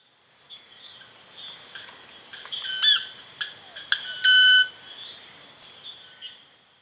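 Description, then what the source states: Club-winged Manakin call: a few sharp ticks, then a sustained ringing tone held briefly, over a background of insects and faint bird notes. Recorded in Ecuador.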